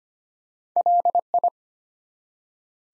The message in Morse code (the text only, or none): LI